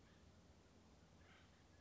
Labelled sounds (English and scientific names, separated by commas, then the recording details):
Acorn Woodpecker (Melanerpes formicivorus)
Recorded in Sonoma County, California